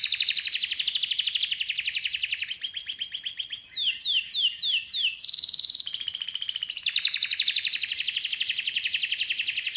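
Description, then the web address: Canary song: long, rapid rolling trills, then a run of quick downward-slurred notes, a short buzzy high trill, and fast rolls again to the end. "Golchin Best Canari Seda Canari. Niyaz Music)"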